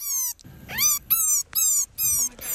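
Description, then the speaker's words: Rabbit young crying with high, harmonic squeals, some rising then leveling, in a quick series. Baby rabbits crying and calling for their mother. "Así suenan los conejitos cuando están llorando y llamando a su mamá."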